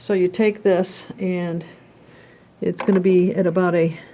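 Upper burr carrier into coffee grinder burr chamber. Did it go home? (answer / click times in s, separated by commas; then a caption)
no / none. Someone talks while handling the removable upper burr carrier of a stepped coffee grinder, about to put it back into the burr chamber and turn it to roughly the 4 o'clock position. Only faint handling noise sits under the voice. Nothing has seated or clicked yet.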